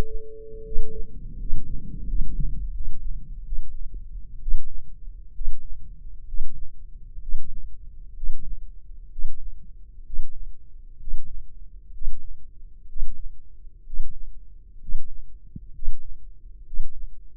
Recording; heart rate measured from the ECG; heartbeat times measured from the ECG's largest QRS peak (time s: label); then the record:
heart sounds by microphone in the left ear; 67 bpm
0.64 s: heartbeat
1.38 s: heartbeat
2.06 s: heartbeat
2.73 s: heartbeat
3.44 s: heartbeat
4.40 s: heartbeat
5.33 s: heartbeat
6.26 s: heartbeat
7.20 s: heartbeat
8.15 s: heartbeat
9.10 s: heartbeat
10.04 s: heartbeat
10.99 s: heartbeat
11.92 s: heartbeat
12.87 s: heartbeat
13.84 s: heartbeat
14.80 s: heartbeat
15.73 s: heartbeat
16.64 s: heartbeat
From the record:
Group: healthy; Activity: breath hold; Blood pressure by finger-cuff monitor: 161/102 mmHg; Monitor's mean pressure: 114 mmHg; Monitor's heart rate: 64 bpm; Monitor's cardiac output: 6.2 L/min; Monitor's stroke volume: 93 mL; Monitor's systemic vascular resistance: 1350 dyn s/cm5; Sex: male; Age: 23 years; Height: 179 cm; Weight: 87 kg